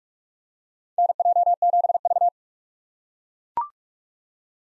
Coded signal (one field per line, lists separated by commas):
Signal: Morse code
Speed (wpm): 43 wpm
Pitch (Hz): 700 Hz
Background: none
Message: NJ7V